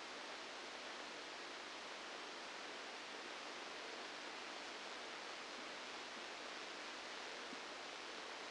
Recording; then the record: brain microelectrode recording played as sound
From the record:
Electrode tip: outside the subthalamic nucleus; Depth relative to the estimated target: -6 mm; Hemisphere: left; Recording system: NeuroSet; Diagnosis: Parkinson's disease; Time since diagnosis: 9 years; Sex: female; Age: 51 years